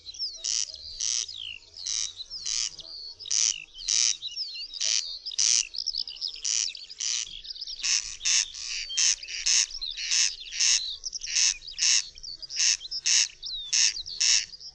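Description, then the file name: Corn crake calling, a dry rasping crex repeated steadily, with thin whistled notes from other birds woven between the rasps. "derkacz"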